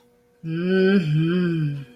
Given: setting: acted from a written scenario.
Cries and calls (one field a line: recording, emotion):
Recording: vocal sound without words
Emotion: desire